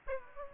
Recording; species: mosquito wingbeat signal from an infrared sensor; Aedes aegypti